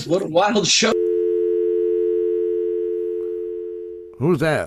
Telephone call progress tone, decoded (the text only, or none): dial tone